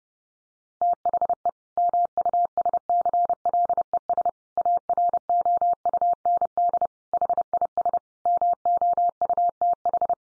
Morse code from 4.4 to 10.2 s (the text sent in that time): AROUND HIS MOUTH